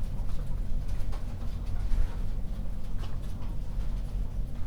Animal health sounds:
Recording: poultry house recording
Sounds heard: sick chickens (respiratory disease)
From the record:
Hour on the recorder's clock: 0

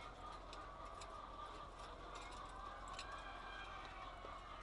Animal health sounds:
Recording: poultry house recording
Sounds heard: healthy chickens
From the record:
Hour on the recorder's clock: 8

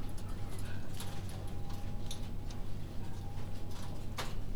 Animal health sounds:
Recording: poultry house recording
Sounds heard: healthy chickens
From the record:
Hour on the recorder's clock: 20

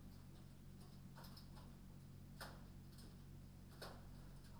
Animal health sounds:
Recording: poultry house recording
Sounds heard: no chicken sound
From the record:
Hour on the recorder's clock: 21

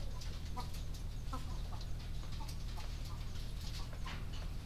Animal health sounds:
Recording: poultry house recording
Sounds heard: healthy chickens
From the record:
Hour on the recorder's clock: 20

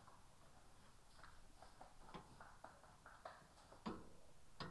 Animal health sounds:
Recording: poultry house recording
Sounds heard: healthy chickens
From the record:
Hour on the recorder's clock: 12

